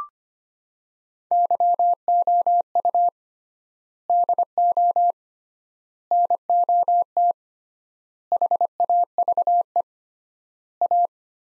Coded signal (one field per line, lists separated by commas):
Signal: Morse code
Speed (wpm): 25 wpm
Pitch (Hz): 700 Hz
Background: none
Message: YOU DO NOT HAVE A